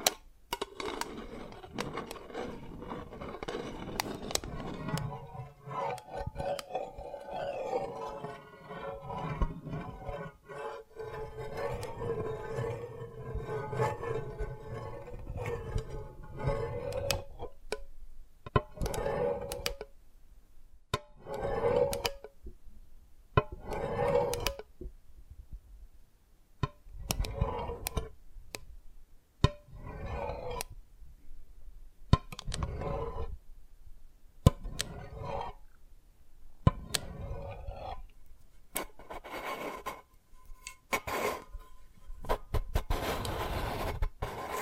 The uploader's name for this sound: Dalgona Candy Challenge Tapping, Cracking Triggers